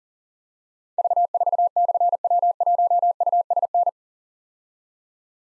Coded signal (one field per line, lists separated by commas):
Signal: Morse code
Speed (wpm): 43 wpm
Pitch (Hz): 700 Hz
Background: none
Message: V4/W1USN